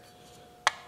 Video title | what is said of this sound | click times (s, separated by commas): Schrade Products : SCHF14 Drop Point Fixed Blade Knife | put that in there you can hear it snap locks in place | 0.7 s